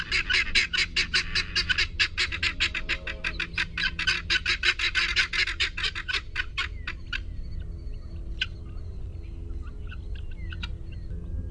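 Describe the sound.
Guinea fowl calling in a harsh, rapid, grating series of clipped notes, loud and fast for about seven seconds, then trailing into sparse scattered calls over low background rumble.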